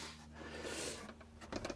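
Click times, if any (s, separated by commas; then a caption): 1.6 s, 1.7 s. A wooden flip-up loveseat/counter panel is raised, and its stainless steel folding shelf brackets lock into place. After a soft rustling lead-in, two sharp clicks land at 1.6 and 1.6 s as the brackets seat.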